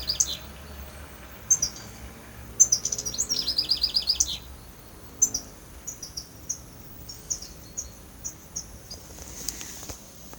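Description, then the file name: European goldfinch calls: bright, liquid twittering notes, with a quick buzzy, tinkling run in the first half, then scattered single chirps over a quiet background. "Carduelis carduelis"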